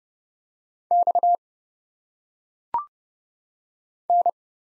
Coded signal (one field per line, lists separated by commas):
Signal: Morse code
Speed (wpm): 30 wpm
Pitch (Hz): 700 Hz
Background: none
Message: X N